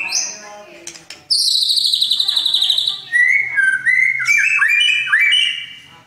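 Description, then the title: Oriental magpie-robin singing a varied medley of loud whistles, high fluttering trills and lower sliding notes that dip and rise. "Kicau Kacer"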